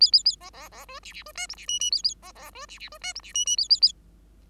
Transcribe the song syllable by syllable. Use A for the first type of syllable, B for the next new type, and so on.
A A A B B B C D D C E F D G G A A B B C D D C E F D G G A A A